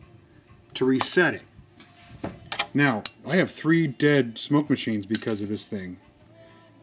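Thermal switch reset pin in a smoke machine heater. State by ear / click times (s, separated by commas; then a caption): seated / 2.5 s. A small ceramic pin on the thermal switch of a smoke machine's heater, which pops out when it overheats, is pushed back in by hand to reset it. It clicks into place at 2.5 s, a sharp tick between stretches of someone talking.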